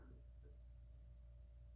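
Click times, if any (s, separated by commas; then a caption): none. A bicycle tail light is fitted onto the top of its plastic seatpost mounting bracket, lined up before being pressed down to click home. Only soft handling sounds are heard over a steady low hum, with a faint tick near 0.0 s. Nothing has seated or clicked yet.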